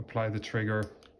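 With the trigger applied, the steel cylinder of a North American Arms mini folding .22 Magnum revolver is being turned so the hammer can rest in the safety notch between two rounds, so the gun won't discharge if dropped on the hammer. Someone talks briefly over faint handling sounds. Nothing has seated or clicked into the notch yet.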